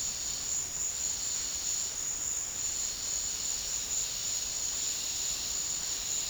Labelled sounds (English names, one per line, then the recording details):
none
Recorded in dense forest near Puerto Asís, Putumayo, Colombia, on 8 March 2025 at 15:00
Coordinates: 0.484, -76.325
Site G045